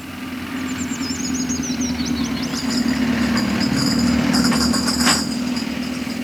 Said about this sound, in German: Der Wagen von Coca-Cola. Gottlob nimmt er die Kurve immer sehr behutsam.